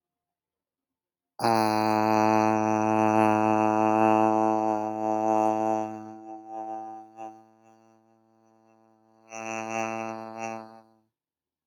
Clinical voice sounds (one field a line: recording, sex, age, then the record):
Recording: vowel held as long as possible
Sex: male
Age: 20 to 29 years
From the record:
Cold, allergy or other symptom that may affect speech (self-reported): no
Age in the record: 21 years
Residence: California, United States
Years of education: 16